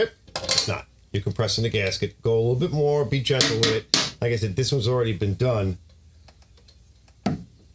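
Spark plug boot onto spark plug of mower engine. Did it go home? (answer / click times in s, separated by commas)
yes / 7.3 s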